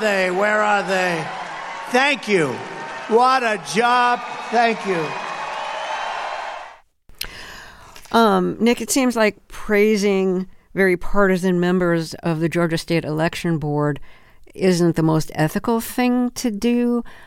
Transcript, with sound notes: Where are they? Thank you. What a job. Thank you.
(APPLAUSE)
Nick, it seems like praising very partisan members of the Georgia State Election Board isn't the most ethical thing to do.